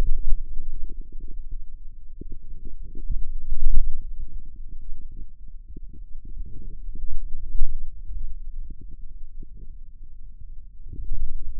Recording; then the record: forearm muscle sounds (acoustic myography)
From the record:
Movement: wrist extension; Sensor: system 2, bracelet of six BSWA MPA416 microphones around the upper forearm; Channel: 6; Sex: male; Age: 22 years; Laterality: right